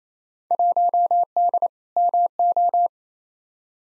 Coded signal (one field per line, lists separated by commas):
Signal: Morse code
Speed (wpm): 28 wpm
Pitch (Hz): 700 Hz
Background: none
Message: 1D MO